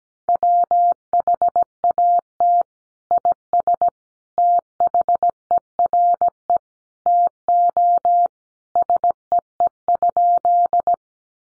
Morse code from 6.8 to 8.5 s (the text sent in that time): TO